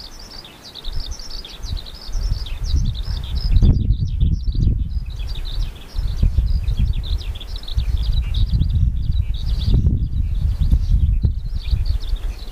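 Birds chirp in dense, continuous high twittering over a heavy low rumble of wind or traffic that swells in gusts, loudest around four seconds.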